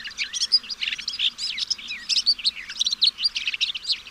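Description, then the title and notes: Bird song: a rapid, varied stream of high chirps, whistles and twittering notes, continuous and lively throughout. Song used for training pet birds. "Suara Burung. Suara Kicauan Burung untuk memaster burung kesayangan"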